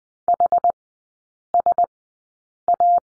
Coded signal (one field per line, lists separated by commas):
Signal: Morse code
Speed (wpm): 20 wpm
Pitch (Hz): 700 Hz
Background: none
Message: HSA